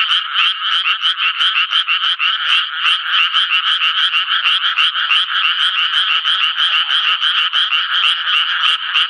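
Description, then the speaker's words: Japanese tree frog croaking in a fast rasping series, notes tumbling about three per second. Frogs begin calling when rain seems about to fall or when it turns cool in the evening; heard from June onward. "雨が降り出しそうなときや夕方になって涼しくなりますと、カエルは鳴き始めるわけですね。"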